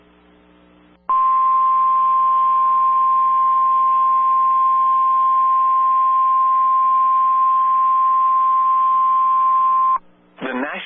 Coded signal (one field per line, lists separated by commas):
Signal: Emergency Alert System (SAME) tones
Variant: 1050 Hz attention tone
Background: speech